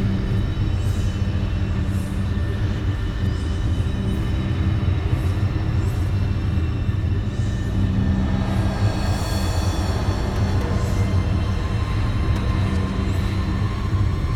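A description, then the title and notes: A distant planet ambience built on a steady, dense low rumble that never lets up, like heavy machinery or a passing train. Faint sustained tones hover above it, and soft airy swells rise and fade every couple of seconds. Distant Planet Ambience.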